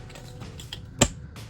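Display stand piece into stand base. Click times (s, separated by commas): 1.0 s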